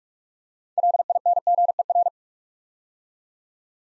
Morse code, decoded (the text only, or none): LINGER